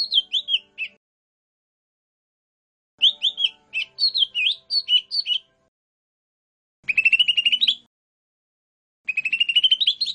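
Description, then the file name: Lesser green leafbird singing in separate bursts: slurred whistled phrases followed by fast, buzzy rising trills of rapidly repeated notes, with short silences between bursts. "cucak hijau mini. omkicau"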